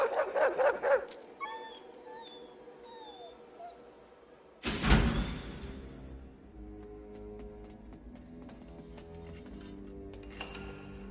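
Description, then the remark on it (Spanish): A dog lets out a quick run of sharp barks, then whimpers in thin, sliding tones before a sudden loud bang and a lingering rumble take over. “¡Llévate ese escándalo a África! ¡Tu cuerpo se quemará como gallina, maldito perro!”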